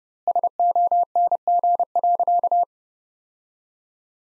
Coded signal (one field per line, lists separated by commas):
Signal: Morse code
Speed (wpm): 32 wpm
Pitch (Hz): 700 Hz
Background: none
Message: SONG.